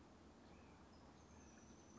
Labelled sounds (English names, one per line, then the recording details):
Oak Titmouse
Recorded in Sonoma County, California